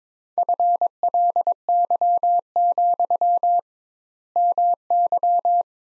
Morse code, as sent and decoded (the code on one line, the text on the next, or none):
..-. .-.. -.-- --..-- / -- -.--
FLY, MY